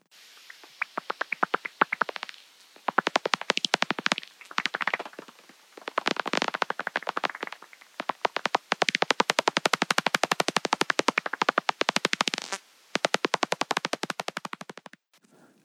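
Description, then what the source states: Pipistrelle bat echolocation through a bat detector: rapid dry clicks in dense trains, broken by short silent gaps. Recorded with a bat detector by Richard Carter near Hebden Bridge, Britain, and played back instead of live; local bats identified as pipistrelles, the most common bats in Britain.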